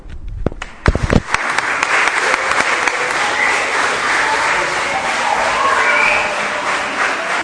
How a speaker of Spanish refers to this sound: Un aplauso.